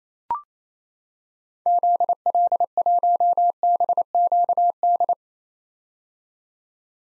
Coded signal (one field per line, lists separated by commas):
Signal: Morse code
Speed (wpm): 28 wpm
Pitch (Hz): 700 Hz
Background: none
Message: ZL1BQD